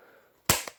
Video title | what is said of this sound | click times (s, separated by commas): Lampe de bureau ALUMINOR ferromagnétique 2X 9W G23 | Voilà. Ça se clipse comme ça, on dirait que je les ai cassés, mais non. | 0.5 s